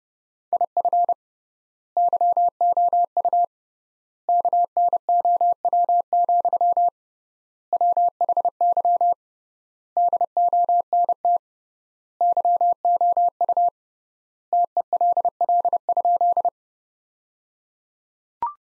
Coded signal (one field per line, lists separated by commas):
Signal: Morse code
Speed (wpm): 30 wpm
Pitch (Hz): 700 Hz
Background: none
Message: IF YOU KNOW, WHY DONT YOU TELL?